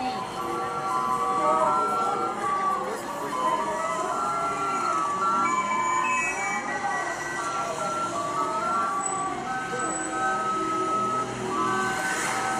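A Mexico City soundscape: a dense, steady wash of street noise with voices mixed through it. Bright melodic tones, like a vendor's jingle or music, keep sounding in short notes across the whole stretch, over a low traffic rumble that never lets up.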